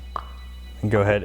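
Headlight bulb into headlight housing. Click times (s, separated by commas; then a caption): 0.2 s. An HID bulb is given a quarter turn in the back of a new black OEM-style headlight housing for a 2015-2022 Mustang, locking it in place. A sharp tap-like click sounds at 0.2 s, confirming the bulb is seated, and then someone talks.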